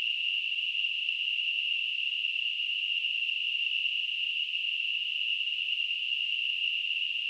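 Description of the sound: Simulated tinnitus: a steady, unbroken high-pitched hiss with a narrow ringing band centred around 2.5–3 kHz. It holds the same loudness throughout, with no low-frequency content.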